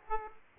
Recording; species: mosquito wingbeat signal from an infrared sensor; Aedes aegypti